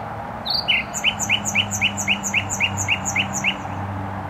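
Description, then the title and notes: Nightingale song: a whistled upslur, then a fast run of about ten identical sharp notes repeated steadily, over a constant low roar of traffic. Singing in bushes close to a noisy motorway, Trasa Toruńska, Bródno-Podgrodzie, Warsaw, Poland; recorded with an Olympus LS-11. "Bródno-Podgrodzie, Warszawa, Polska - Trasa Toruńska Nightingale. Recording nightingale singing in bushes close to noisy motorway"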